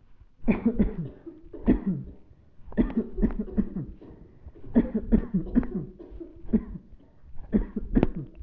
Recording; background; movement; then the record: voluntary coughing; a bystander coughing; sitting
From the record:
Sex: male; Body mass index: 20.5 kg/m2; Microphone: on the chest, facing the body